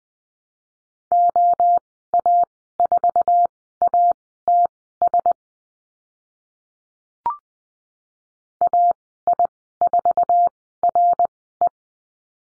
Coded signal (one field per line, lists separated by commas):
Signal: Morse code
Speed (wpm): 20 wpm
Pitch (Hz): 700 Hz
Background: none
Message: OA4ATS AI4RE